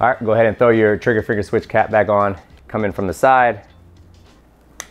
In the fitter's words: you'll hear it click in just make sure it's secure on there